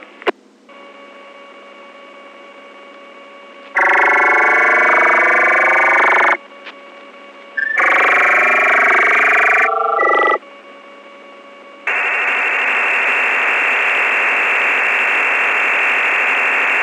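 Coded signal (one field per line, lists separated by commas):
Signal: digital SSTV (DRM)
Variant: EasyPal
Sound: two dense buzzing multi-tone data bursts, then steady wide hiss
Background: FM radio hiss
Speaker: it will see all right I shall send it again and see where we go okay I have hopefully that that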